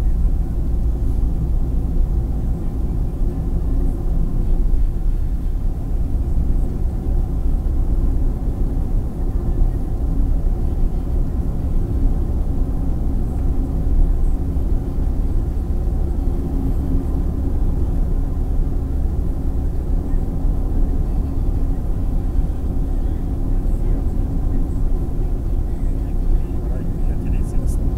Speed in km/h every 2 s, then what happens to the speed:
66, 70, 71, 74, 75, 76, 76, 77, 78, 79, 80, 78, 75, 73.
0-7 speeds up to 75. 7-19 steady at about 76. 19-28 slows to 73.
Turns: none.